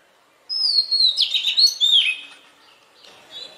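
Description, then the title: Oriental magpie-robin singing one long, sweet phrase that starts with a high whistle and then breaks into a warbling, slurred run. "Magpie Robin Song Doyel Pakhir Dak"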